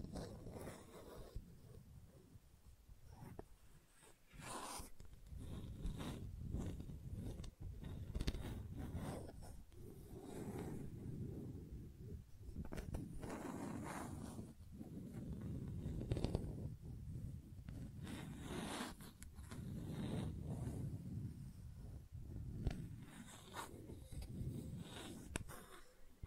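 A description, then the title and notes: Gentle scratching, a soft, dense rasp that swells and fades in slow waves across the clip. Sharper bright scrapes and small clicks punctuate it every second or two, over a low, muffled rumble. ASMR Gentle Scratching You Will Fall Asleep To (No Talking).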